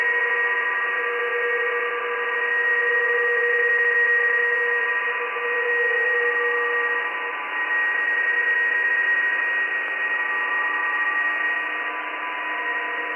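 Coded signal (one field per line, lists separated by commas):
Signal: PSK31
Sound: steady radio hiss with several faint, warbling, steady tones at different pitches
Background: radio static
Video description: PSK31 Random Compilation using RTL2838/R820T SDR Dongle on 14 MHz HF with NooElec Upconverter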